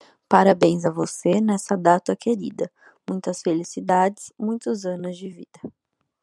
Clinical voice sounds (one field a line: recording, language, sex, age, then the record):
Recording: short text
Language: Brazilian Portuguese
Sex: female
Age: 20 to 29 years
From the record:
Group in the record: control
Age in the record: 25 years